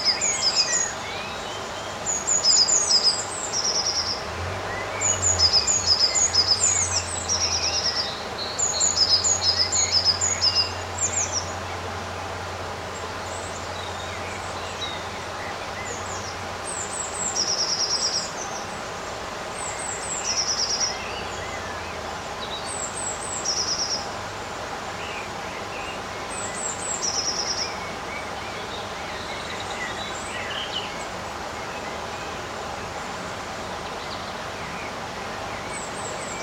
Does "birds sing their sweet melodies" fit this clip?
yes